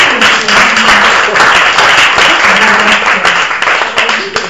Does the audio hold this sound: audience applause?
yes